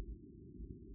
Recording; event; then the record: neck accelerometer signal played as sound; no cough (speech, laughter, throat clearing or background)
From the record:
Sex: male